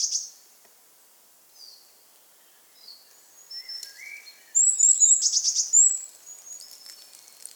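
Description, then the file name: Eurasian blue tit calls: a brief note, scattered thin whistles at varying pitch, then a louder stretch of quick high notes. "Cyanistes caeruleus"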